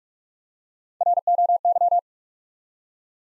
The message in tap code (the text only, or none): none